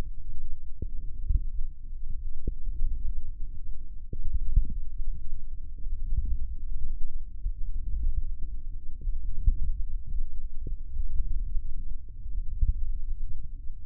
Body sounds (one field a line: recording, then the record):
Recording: forearm muscle sounds (acoustic myography)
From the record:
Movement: wrist extension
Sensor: system 1, eight BSWA MPA416 microphones around the upper forearm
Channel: 8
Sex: male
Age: 18 years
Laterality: right